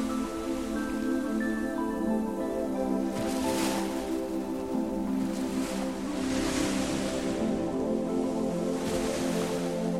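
Surf rolls in along the beach on an evening walk, with hissing washes swelling at about three to four seconds, around six, and again near nine. Beneath them a steady, layered hum like an engine holds unchanged throughout, keeping the overall level even.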